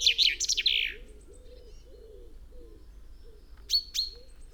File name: Fringilla coelebs